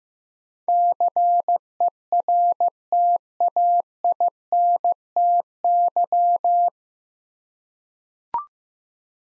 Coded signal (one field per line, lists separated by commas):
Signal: Morse code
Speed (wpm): 15 wpm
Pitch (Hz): 700 Hz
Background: none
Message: CERTAINTY